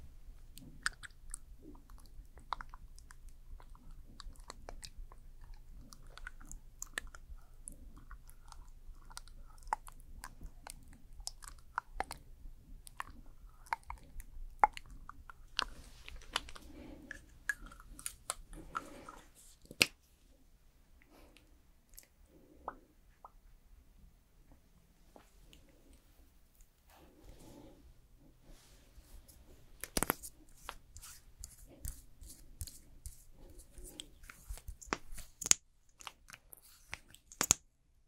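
Makeup and hair styling sounds: soft crackles, taps and brushing strokes over a low hum, with sharper clicks bunching near thirty seconds and the end.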